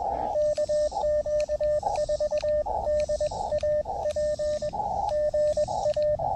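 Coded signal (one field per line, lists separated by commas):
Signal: Morse code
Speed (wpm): 20 wpm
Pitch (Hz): 590 Hz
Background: radio noise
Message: KQ4DAP GA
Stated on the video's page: Morse from a POTA park activation at a state historic site.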